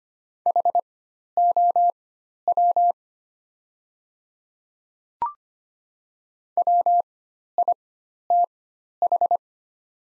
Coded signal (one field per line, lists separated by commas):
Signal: Morse code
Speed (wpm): 25 wpm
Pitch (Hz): 700 Hz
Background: none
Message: HOW WITH